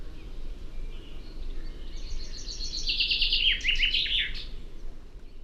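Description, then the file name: Common chaffinch song: a series of high repeated notes that drops into a louder, faster trill and ends with a brief flourish, over steady low background noise. "Fringilla coelebs"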